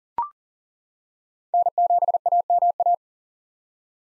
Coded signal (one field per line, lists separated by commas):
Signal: Morse code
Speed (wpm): 40 wpm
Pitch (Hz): 700 Hz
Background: none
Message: N7AMA